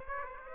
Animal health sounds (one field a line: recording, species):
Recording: mosquito wingbeat signal from an infrared sensor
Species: Aedes aegypti